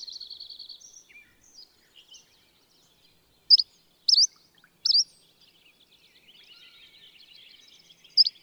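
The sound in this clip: Bird song opening with a quick high trill, then a few loud, sharp slurred notes, followed by soft, rambling high twittering and one final sharp note.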